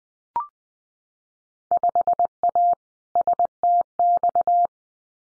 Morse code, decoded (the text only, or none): 5A STX